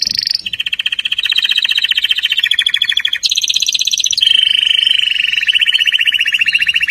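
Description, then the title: Atlantic canary song with continuous rapid trills, each tour of identical buzzy syllables, jumping between higher and lower pitches throughout. "Kenari"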